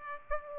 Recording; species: mosquito wingbeat signal from an infrared sensor; Aedes aegypti